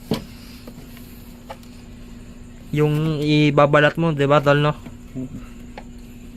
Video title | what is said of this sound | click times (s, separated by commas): Paano Mag Install ng Koso Digital Speedometer sa Honda Click 125/150 v2/v3 | Hindi na yung matanggal. Nag-lock na nga. | 5.8 s